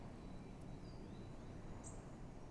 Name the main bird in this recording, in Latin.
Parus major